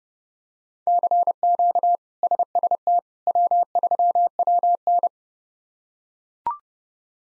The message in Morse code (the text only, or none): CQ SST W3WN